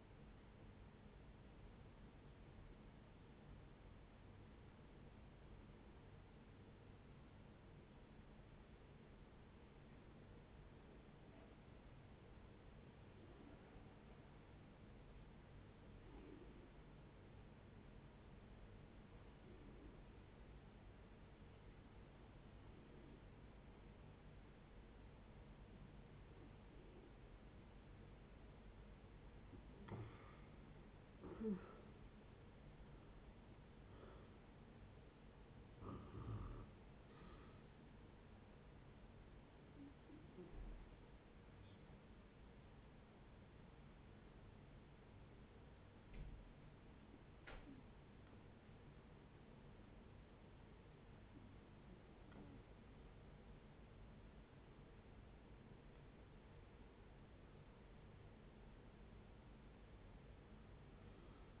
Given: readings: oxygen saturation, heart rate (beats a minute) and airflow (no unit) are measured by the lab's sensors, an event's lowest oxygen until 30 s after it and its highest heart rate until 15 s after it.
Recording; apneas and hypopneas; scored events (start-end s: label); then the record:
breathing in sleep by a voice recorder at the bedside; 2
4.00-27.90 s: hypopnea (N1, oxygen 93% highest, then 81% lowest, heart rate 76 at the start, 78 highest)
42.00-54.90 s: hypopnea (N1, oxygen 87% highest, then 87% lowest, heart rate 69 at the start, 71 highest)
57.00-61.60 s: new sleep stage, N2 (light sleep)
From the record:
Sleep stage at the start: N1 (lightest sleep); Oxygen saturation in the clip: 81 to 94%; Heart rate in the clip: 56 to 78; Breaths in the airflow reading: 17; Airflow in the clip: -11.7 to 11.4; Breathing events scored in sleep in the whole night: 496 in 5.4 hours asleep